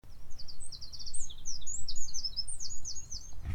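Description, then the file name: Eurasian wren singing a loud, rapid, unbroken stream of very high, sharp twittering notes and trills, with a steady low rumble underneath and a brief thump at the end. "Troglodytes troglodytes"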